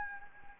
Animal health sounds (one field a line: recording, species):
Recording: mosquito wingbeat signal from an infrared sensor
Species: Anopheles gambiae